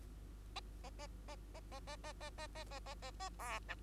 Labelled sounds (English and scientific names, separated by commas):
Bengalese Finch (Lonchura striata domestica) song